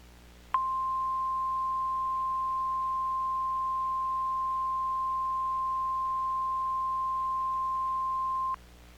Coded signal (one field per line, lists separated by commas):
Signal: Emergency Alert System (SAME) tones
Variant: 1050 Hz attention tone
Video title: EAS - A Rainy Friday